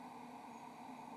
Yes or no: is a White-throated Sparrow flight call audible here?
no